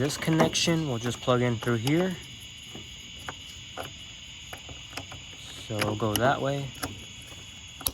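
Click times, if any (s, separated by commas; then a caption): 7.9 s. Someone talks while a wiring harness connector is fed through and pushed into the socket of an RGB headlight on a 2011–14 Dodge Charger. Faint ticks are heard around 3.3 s and 5.0 s, then a sharp click at 7.9 s as the connector latches and is seated.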